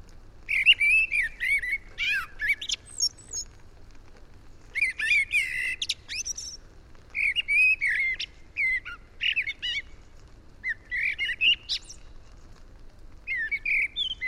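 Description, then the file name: Eurasian blackbird song: a run of rich, whistled warbling phrases with squeaky high flourishes, repeated after short pauses, other sound faint and low. "Turdus merula"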